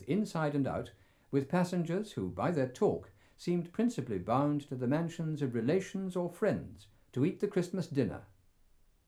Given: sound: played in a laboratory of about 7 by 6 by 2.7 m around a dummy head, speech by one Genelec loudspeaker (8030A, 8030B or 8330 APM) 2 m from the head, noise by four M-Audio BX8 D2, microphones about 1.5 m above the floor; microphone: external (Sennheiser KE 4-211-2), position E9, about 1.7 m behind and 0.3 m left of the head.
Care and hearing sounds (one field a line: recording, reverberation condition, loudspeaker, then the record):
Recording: male speech in English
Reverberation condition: low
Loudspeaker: 150 degrees to the left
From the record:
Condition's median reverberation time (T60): about 310 ms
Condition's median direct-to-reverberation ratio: about 3.5 dB